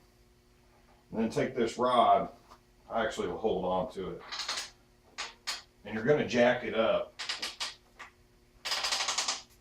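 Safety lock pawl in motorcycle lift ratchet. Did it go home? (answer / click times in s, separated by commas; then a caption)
yes / 7.4 s, 8.0 s. With its safety lock set, a Motea Constands motorcycle lift under an Aprilia Mille is jacked up with a rod while someone talks. The metal safety lock pawl clicks into successive notches of the ratchet at 7.4 s and 8.0 s as the lift rises. These are the lock positions where the lift height can be set.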